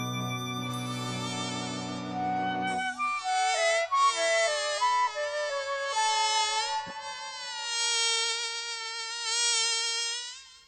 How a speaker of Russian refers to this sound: Вдруг откуда-то летит маленький комарик, и в руке его горит маленький фонарик.